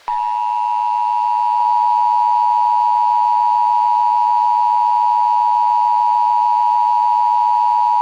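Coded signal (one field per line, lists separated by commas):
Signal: Emergency Alert System (SAME) tones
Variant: 853 and 960 Hz attention tone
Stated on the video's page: Mock EAS scenario, not based on real events.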